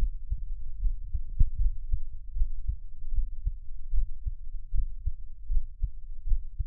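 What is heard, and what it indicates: Soft, low-pitched thumps repeat at a steady pace of roughly 79 beats a minute, with no talking and only faint low hum between them. This is an ordinary adult heartbeat heard close up.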